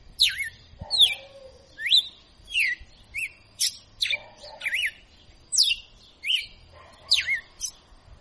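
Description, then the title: Red-cowled cardinal singing bright, downslurred whistles with hooked ends in a lively rhythm, with occasional low buzzy notes beneath. Female; called a 'professor' (tutor) bird, singing in the 'açoitando' style. "Canto Galo Campina Fêmea 02. Galo de Campina Professor Açoitando"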